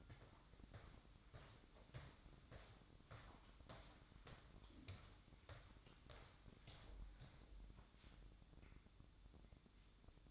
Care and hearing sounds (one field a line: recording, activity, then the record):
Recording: daily activity, microphone in the room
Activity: walk to room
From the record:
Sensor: 3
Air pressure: 1008.2 hPa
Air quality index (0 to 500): 132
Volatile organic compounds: 2 ppm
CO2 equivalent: 1095 ppm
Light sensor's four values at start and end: 11/26/11/11 and 12/27/11/11